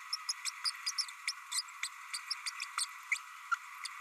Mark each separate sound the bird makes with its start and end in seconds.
0.12-0.16, 0.28-0.33, 0.45-0.50, 0.65-0.71, 0.86-0.92, 0.98-1.05, 1.27-1.32, 1.52-1.61, 1.83-1.88, 2.13-2.18, 2.30-2.34, 2.46-2.50, 2.77-2.85, 3.11-3.18, 3.51-3.55